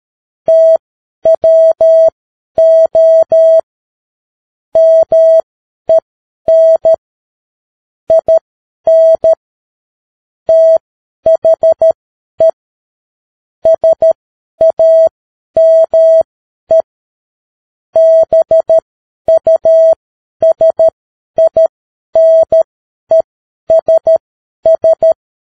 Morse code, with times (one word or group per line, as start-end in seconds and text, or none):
0.5-3.6 TWO
4.8-6.9 MEN
8.1-9.3 IN
10.5-12.5 THE
13.7-16.8 SAME
18.0-25.1 BUSINESS